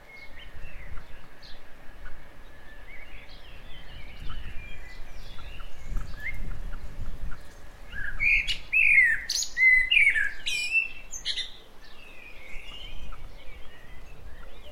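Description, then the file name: Common blackbird song, mostly faint at first, then a clear mellow warbled phrase with a high chattering twitter midway; steady low rumble underneath throughout. "Turdus merula"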